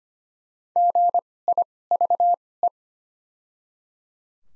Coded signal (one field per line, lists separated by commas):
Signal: Morse code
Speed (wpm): 25 wpm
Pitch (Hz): 700 Hz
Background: none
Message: GIVE